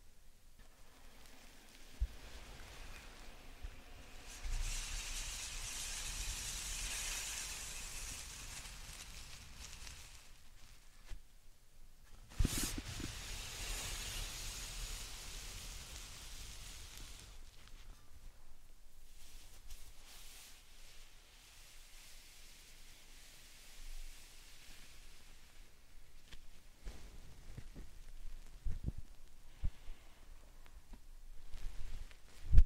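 Slime and sand are handled in soft hissing bursts around 4–9 and 12–17 seconds, with low squelchy thumps and sharp pops near the end.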